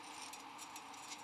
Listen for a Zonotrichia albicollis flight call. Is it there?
no